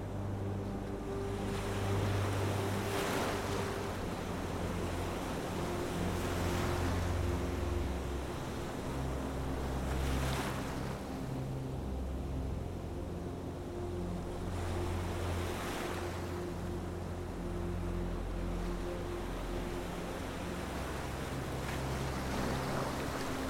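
Ocean waves wash in at a slow, regular pace, each surge rising and fading about every five seconds. Beneath them sits a steady low hum with long sustained tones, likely soft relaxing music, and a constant windy rush fills the background.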